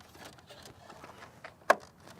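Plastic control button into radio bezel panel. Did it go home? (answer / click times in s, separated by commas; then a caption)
yes / 1.7 s. A plastic climate control button, moved from the old panel, is pushed straight into the new radio bezel dash panel during a 13.6-inch Android 13 car radio upgrade for a 2016–2023 Toyota Tacoma. Faint handling rustles and small taps lead up to one sharp, bright snap at 1.7 s as the button pops in and seats.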